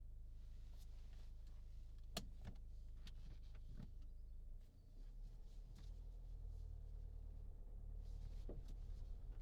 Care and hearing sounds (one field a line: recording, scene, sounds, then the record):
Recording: everyday scene through a hearing-aid microphone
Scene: in a vehicle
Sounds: engine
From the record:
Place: Berlingo II, diesel engine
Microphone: in the ear canal, left